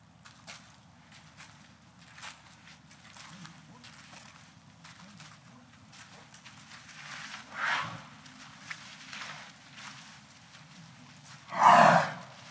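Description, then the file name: Elephant snorting: two short, breathy, noisy blasts, a softer one after the middle and a loud one near the end, with soft shuffling steps between them. Walking and snorting. "Digiffects Sound Effects Library - Elephant Walking and Snorting"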